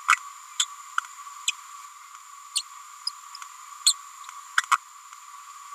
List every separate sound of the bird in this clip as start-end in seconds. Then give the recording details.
0.08-0.13, 0.59-0.65, 1.48-1.52, 2.56-2.62, 3.86-3.94, 4.57-4.63. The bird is a female. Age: 30 days. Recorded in a nest box in Venezuela. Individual 17B102A6